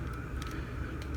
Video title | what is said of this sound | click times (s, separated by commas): Make Toys - MTCM-04C VULCAN | Yeah, rotate it in like that, and then it snaps into place. | 0.4 s